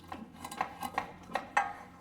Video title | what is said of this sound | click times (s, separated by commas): CUSTOMER STATES CAR WON'T MOVE IN ANY GEAR! HOW TO REPLACE A HONDA ACCORD FRONT AXLE | go ahead and push in. You should hear a click. | 1.6 s